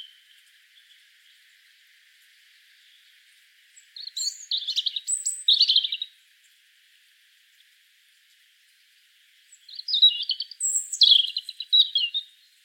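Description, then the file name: European robin singing two bright, high warbling phrases several seconds apart over a faint, steady high hiss. "Erithacus rubecula"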